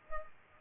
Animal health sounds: mosquito wingbeat signal from an infrared sensor; Culex pipiens

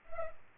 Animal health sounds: mosquito wingbeat signal from an infrared sensor; Culex pipiens

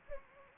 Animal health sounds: mosquito wingbeat signal from an infrared sensor; Anopheles gambiae

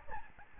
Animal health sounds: mosquito wingbeat signal from an infrared sensor; Aedes albopictus

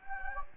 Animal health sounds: mosquito wingbeat signal from an infrared sensor; Anopheles gambiae

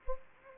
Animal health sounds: mosquito wingbeat signal from an infrared sensor; Anopheles gambiae

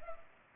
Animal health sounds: mosquito wingbeat signal from an infrared sensor; Culex pipiens

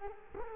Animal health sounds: mosquito wingbeat signal from an infrared sensor; Culex quinquefasciatus

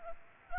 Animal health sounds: mosquito wingbeat signal from an infrared sensor; Culex pipiens

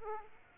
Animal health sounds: mosquito wingbeat signal from an infrared sensor; Aedes aegypti

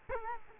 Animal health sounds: mosquito wingbeat signal from an infrared sensor; Culex quinquefasciatus

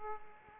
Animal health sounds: mosquito wingbeat signal from an infrared sensor; Aedes aegypti

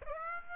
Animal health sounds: mosquito wingbeat signal from an infrared sensor; Aedes aegypti

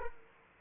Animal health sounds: mosquito wingbeat signal from an infrared sensor; Aedes aegypti

